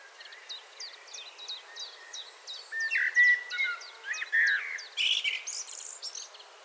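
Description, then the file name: Common blackbird with mellow whistled notes and a scratchy high flourish, accompanied throughout by thin repeated ticking notes from another bird. "Turdus merula 181122"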